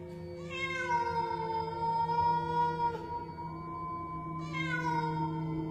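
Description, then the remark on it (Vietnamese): Long, drawn-out meows from many cats behind a house overlap in a mournful chorus, steady and wailing, with a second plaintive cry rising near the end; no one speaks. “Ở sau nhà bắt đầu vọng ra tiếng kêu của rất nhiều những con mèo khác.”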